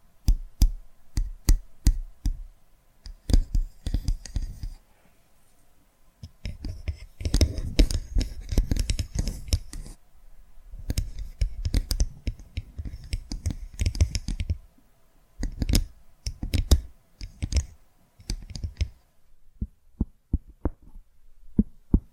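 Brain-tapping triggers: quick clicking taps sounding in irregular bursts, dense around 6 to 9 seconds and again near 11 to 14 and 15 to 19. Some taps carry a low thump, others are crisp and bright. Quieter, sparse taps follow after a short pause near the end.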